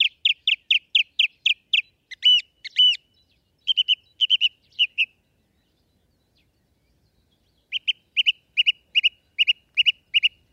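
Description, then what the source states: Song Thrush singing: a loud clear note repeated rapidly several times, then a doubled phrase, short repeated groups, a pause, and another fast run of repeated notes. Recorded for a bird-sound app; repeats phrases constantly and imitates other birds; sings from before sunrise until late evening, more eagerly in rainy weather.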